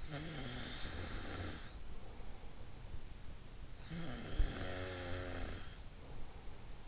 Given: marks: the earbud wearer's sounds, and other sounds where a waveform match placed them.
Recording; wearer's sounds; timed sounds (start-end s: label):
sounds in sleep by an in-ear microphone; snoring breath
0.00-2.54 s: snoring breath
3.59-6.55 s: snoring breath